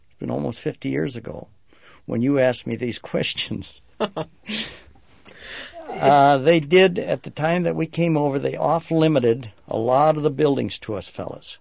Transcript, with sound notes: It's been almost 50 years ago. When you ask me these questions. (laughs) Ah, they did at the time that we came over, they off-limited a lot of the buildings to us fellas.